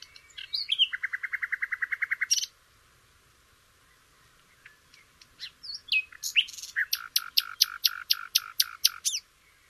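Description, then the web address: Nightingale song, a rapid string of repeated notes, a pause, then sharp chirps building into a series of loud clicking pulses. "shamanippon-2012 Nightingale"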